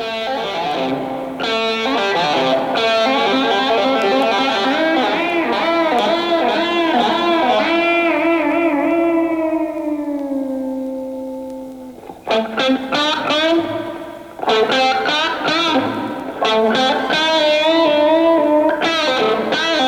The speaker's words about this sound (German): Hall, Lautstärke, schleifende Töne, starkes Vibrato, schnelle Läufe und Rückkopplungseffekte. Es ist nicht schwer zu erkennen, weil hier die Gitarre ganz allein spielt.